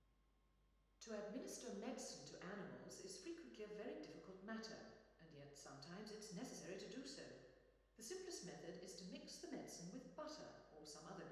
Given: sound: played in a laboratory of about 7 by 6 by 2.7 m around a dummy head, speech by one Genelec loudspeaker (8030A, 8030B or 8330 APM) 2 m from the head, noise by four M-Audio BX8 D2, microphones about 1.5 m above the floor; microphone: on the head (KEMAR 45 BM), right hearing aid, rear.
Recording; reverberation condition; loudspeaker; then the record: female speech in English; high; 60 degrees to the right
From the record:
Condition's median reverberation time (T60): about 1300 ms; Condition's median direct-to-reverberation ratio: about -4.0 dB